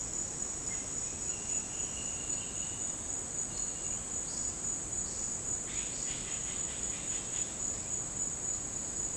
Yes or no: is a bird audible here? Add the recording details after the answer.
yes. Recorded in dense forest near Puerto Asís, Putumayo, Colombia, on 23 June 2025 at 09:30. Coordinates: 0.499, -76.324. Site G100